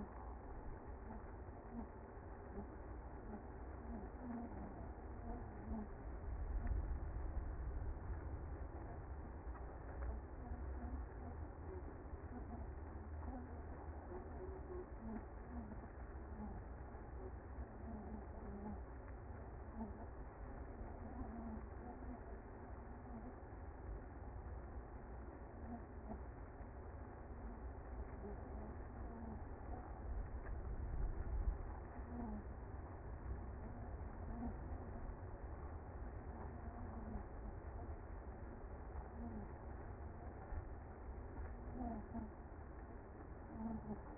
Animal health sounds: honeybee colony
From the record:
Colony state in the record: active

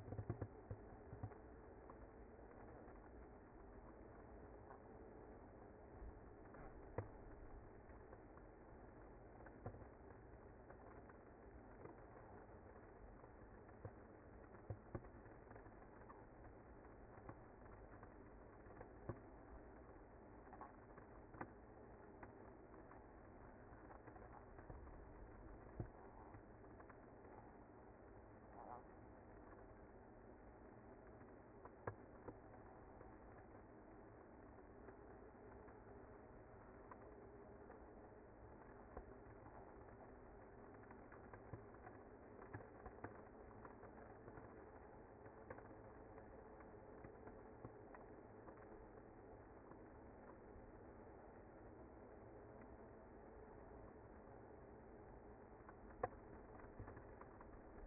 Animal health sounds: honeybee colony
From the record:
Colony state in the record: active

